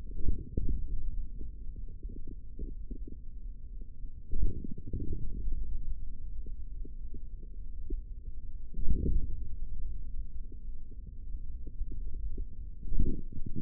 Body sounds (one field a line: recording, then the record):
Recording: forearm muscle sounds (acoustic myography)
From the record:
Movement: hand closing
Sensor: system 3, bracelet of six PUI Audio POM-2738L microphones around the upper forearm, with dedicated amplification and filtering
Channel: 6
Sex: male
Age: 43 years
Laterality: right